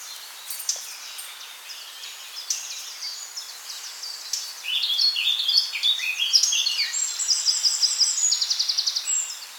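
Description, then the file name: Many birds singing together, with varied high twittering phrases and chirps building up, then a rapid high-pitched series of repeated notes near the end. Birdsong recorded in woodland on 2 May 2020 at 08:04 in the morning. "Bourne woods Birdsong"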